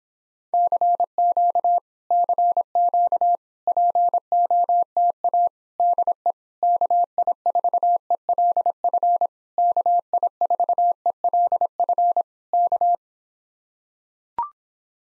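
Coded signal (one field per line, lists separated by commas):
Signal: Morse code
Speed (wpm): 26 wpm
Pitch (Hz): 700 Hz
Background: none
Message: CQ CQ POTA DE KI4ELF KI4ELF K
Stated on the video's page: Morse speed-racing practice of common QSO phrases, starting at 1.5 times the 17 wpm base speed, slowing down, with a final repeat at maximum speed.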